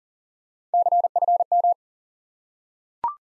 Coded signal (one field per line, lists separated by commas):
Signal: Morse code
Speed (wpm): 37 wpm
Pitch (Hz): 700 Hz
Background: none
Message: CFM